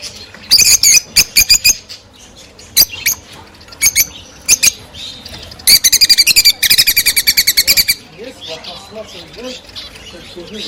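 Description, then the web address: Rosy-faced lovebirds chirping, with quick bursts of shrill notes and two long rapid buzzy trills, then quieter twittering toward the end. Several rosy-faced lovebirds; the singing and chirping is described as beautiful and cheerful. "krasivoe i veseloe penie i chirikane rozovoshhekih nerazluchnikov. parrots agapornis-roseicollis"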